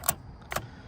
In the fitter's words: Make sure when you put fuel in there that you turn it until you hear the click,